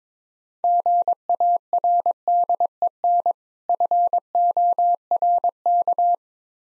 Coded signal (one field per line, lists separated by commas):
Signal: Morse code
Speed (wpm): 21 wpm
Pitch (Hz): 700 Hz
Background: none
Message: GARDEN FORK